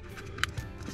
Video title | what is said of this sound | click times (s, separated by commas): TRICKED MY WIFE! We BOOSTED her Jeep without her knowing. | only go in one way two guys you'll see there's a little lock and | 0.4 s